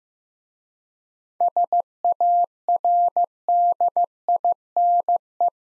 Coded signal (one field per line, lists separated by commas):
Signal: Morse code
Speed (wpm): 15 wpm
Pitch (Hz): 700 Hz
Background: none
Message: SARDINE